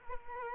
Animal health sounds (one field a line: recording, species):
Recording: mosquito wingbeat signal from an infrared sensor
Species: Culex quinquefasciatus